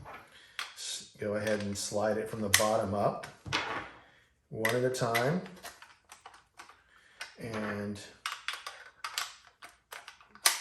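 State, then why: Seated. A rubber foot is slid from the bottom up onto the base of a heavy-duty fry cutter while someone talks. Light taps and knocks of handling are heard before it snaps into place with a sharp click at 10.5 s, seated.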